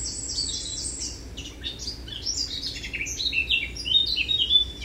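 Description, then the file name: Eurasian blackcap singing a continuous, varied warble of quick high notes that grows louder and ends in clear whistled phrases. "Sylvia atricapilla"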